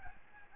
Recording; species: mosquito wingbeat signal from an infrared sensor; Aedes albopictus